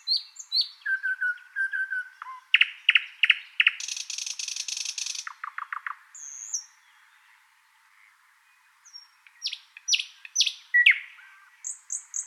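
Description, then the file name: Thrush nightingale song: varied whistles and knocking notes, a long harsh rattling burst, short pause, then loud sweeping high notes repeated several times. "British Library - Thrush Nightingale Luscinia luscinia"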